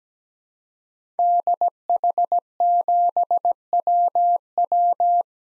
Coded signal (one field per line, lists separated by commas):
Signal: Morse code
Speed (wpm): 17 wpm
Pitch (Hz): 700 Hz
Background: none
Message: DH7WW